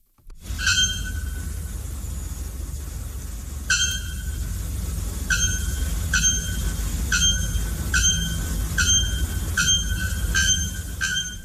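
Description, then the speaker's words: Bare-throated bellbird shrieks: sharp, metallic, ringing notes with strong harmonics, repeated roughly every second after an opening call, over a heavy low rumble. Called one of the world's loudest birds; from a study that used laser range finders to measure how far away the birds were. "Now, brace yourselves for the haunting shriek of the bare-throated bellbird."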